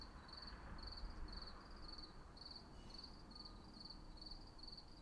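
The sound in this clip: Steady cricket chirping, short pulsed bursts about twice per second, above a low rumbling noise floor.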